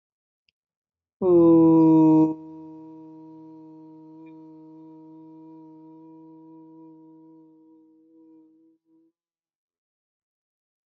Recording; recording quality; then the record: sustained vowel as in boot; excellent, no background noise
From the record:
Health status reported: healthy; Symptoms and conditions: none ticked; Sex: male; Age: 28 years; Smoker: not ticked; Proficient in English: yes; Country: India